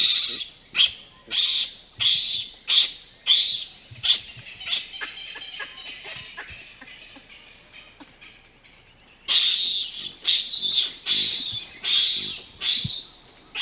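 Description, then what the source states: Baboon screeches: harsh, high, noisy bursts repeated in a quick series, a quieter stretch midway, then a second loud run of screeches. Screeches, Africa, 2015.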